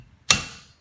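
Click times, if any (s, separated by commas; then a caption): 0.3 s. On a 2007–11 Camry, a windshield wiper blade fitted with a new rubber insert is put back onto the wiper arm, and its plastic locking tab is flipped and pulled up. A single sharp, bright snap at 0.3 s rises out of near silence and fades within about half a second. The locking clip snaps into place and the blade is seated on the arm.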